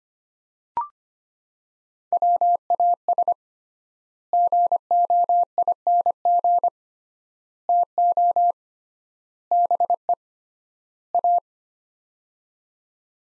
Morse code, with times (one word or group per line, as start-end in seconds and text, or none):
2.1-3.3 WAS
4.3-6.7 GOING
7.7-8.5 TO
9.5-10.1 BE
11.1-11.4 A